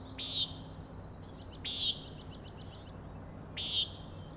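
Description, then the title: Common nighthawk calls three loud buzzy peents spaced under two seconds apart, with a faint rapid trill of high notes between the second and third. Three birds giving peenting calls while flying closely in follow-the-leader formation, near the recordist; Overlook, Schoodic Head, Acadia National Park, Winter Harbor, Maine; 16 June 2017, 4am. "Common Nighthawks, Schoodic Head 061617 4am"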